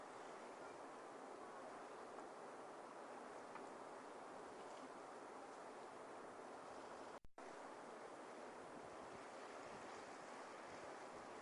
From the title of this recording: Ocean Waves at Camusdarach Beach, Mallaig, Scotland